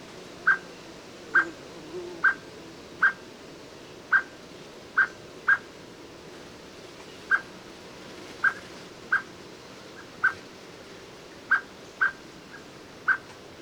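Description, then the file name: Eurasian blackbird giving short, sharp clucking call notes, repeated roughly every second with brief pauses, over a steady low background hiss. "Turdus merula"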